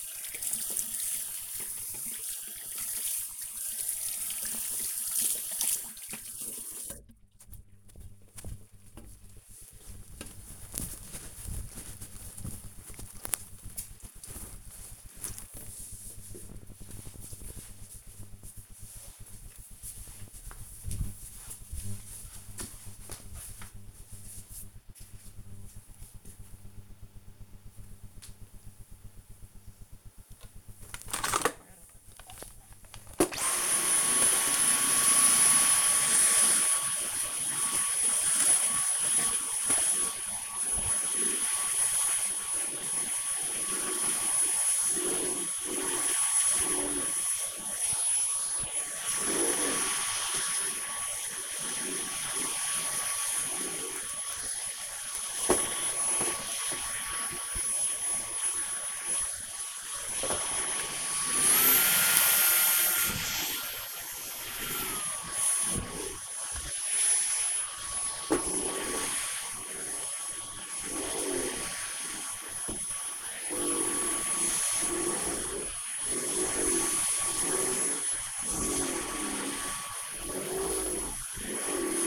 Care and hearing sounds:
household activities, microphone on the right wrist
0.00-7.49 s: washing hands
32.65-82.07 s: vacuum cleaning

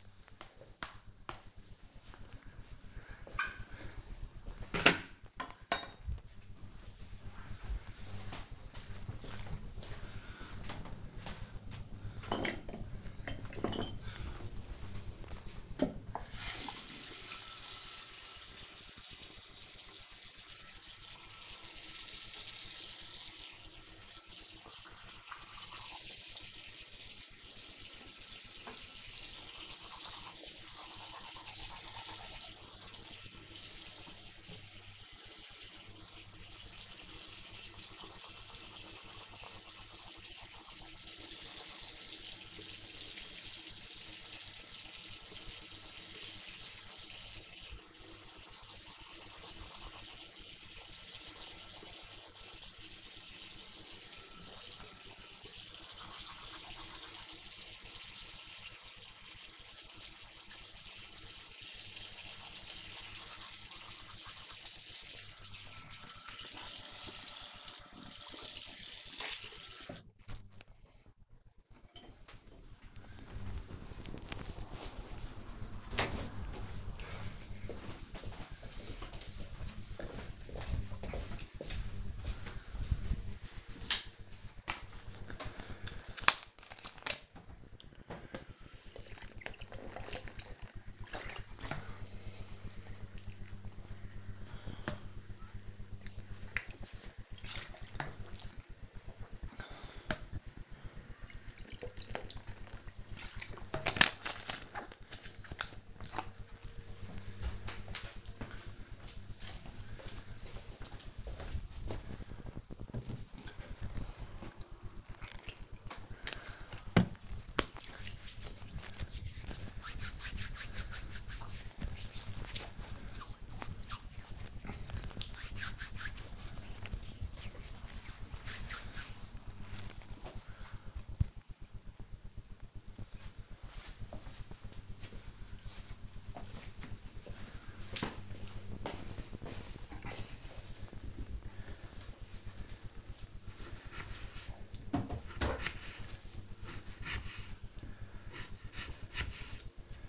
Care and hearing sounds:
household activities, microphone on the right wrist
0.00-3.14 s: floor cleaning
14.18-70.46 s: brushing teeth
84.53-103.65 s: drinking
114.73-126.81 s: disinfecting hands
140.91-150.09 s: cutting vegetables

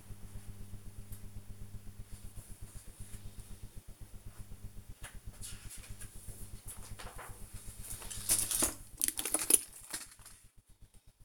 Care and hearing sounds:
household activities, microphone on the right wrist
0.00-11.25 s: sorting documents

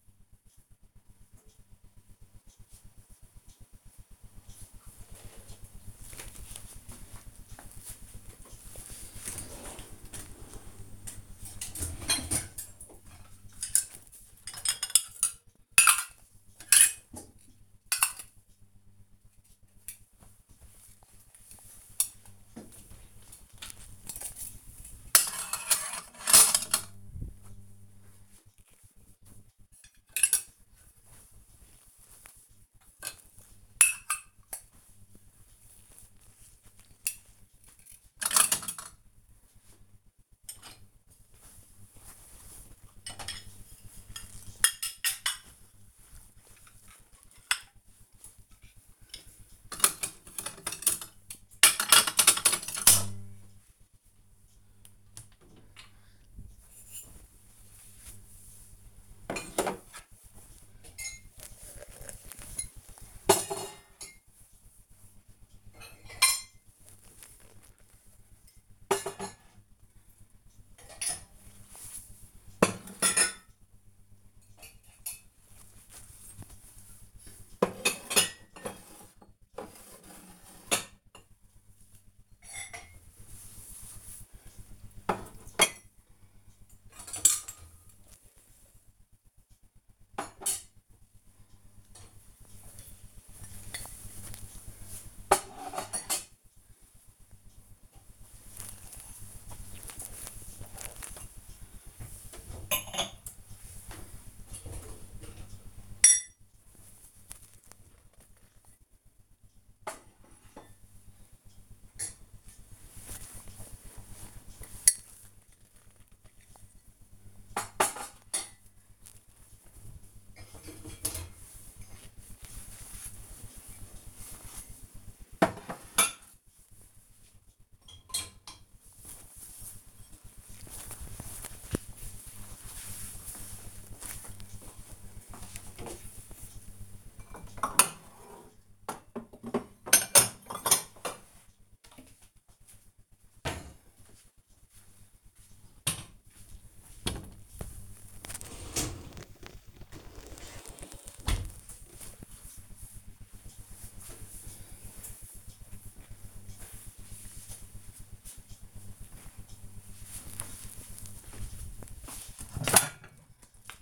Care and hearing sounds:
household activities, microphone on the right wrist
7.65-151.67 s: cleaning out the dishwasher

